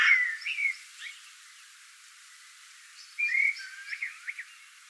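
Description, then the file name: Common blackbird fluting briefly, a soft whistled phrase with twittery ends, a pause, then another mellow phrase trailing into squeaks. "Turdus merula"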